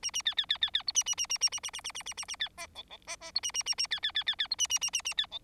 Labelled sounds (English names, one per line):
Bengalese Finch song